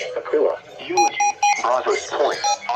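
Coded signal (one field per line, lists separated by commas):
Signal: none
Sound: radio alert beeps under speech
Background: speech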